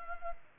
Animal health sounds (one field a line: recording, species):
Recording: mosquito wingbeat signal from an infrared sensor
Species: Culex pipiens